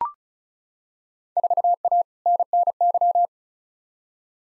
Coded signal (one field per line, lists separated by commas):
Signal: Morse code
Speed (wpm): 36 wpm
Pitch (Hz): 700 Hz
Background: none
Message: 4A NNY